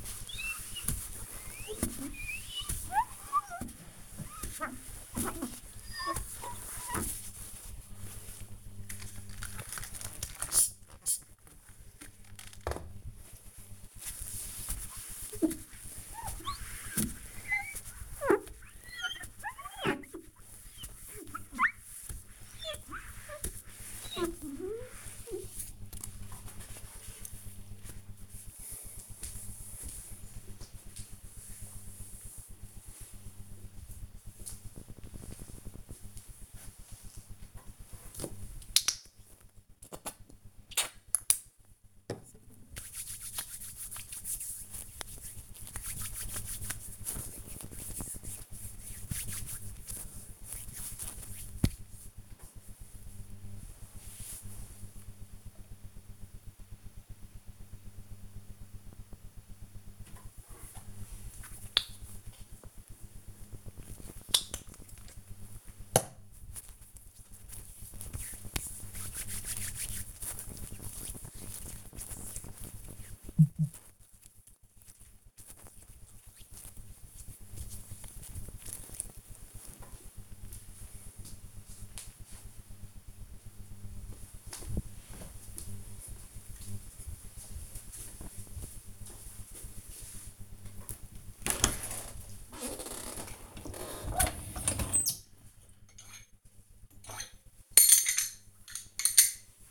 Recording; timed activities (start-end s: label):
household activities, microphone on the right wrist
0.00-25.31 s: window cleaning
37.42-51.49 s: disinfecting hands
59.53-79.72 s: cream hands
89.80-99.71 s: cleaning out the dishwasher